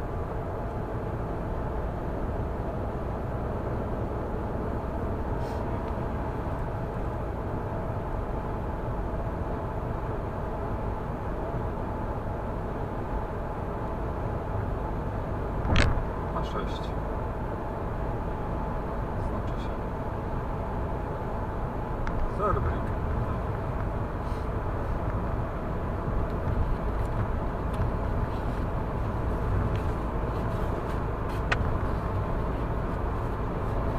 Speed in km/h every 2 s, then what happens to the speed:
82, 85, 88, 91, 91, 92, 93, 93, 94, 94, 93, 93, 93, 92, 96, 98, 99.
0-6 speeds up to 91. 6-26 steady at about 93. 26-34 speeds up to 99.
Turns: none.